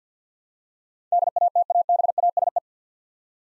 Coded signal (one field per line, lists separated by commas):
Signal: Morse code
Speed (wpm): 50 wpm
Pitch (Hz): 700 Hz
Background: none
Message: DATABASE